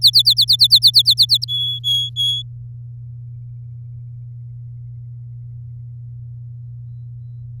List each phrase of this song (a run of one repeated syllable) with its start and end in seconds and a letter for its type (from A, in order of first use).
0.02-1.45 A, 1.48-2.42 B